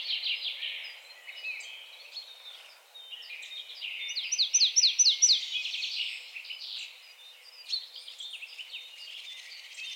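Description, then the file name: Marsh tit calling, a high twittering chatter with a louder fast run of sharp notes midway, then more thin chattering. "Poecile palustris"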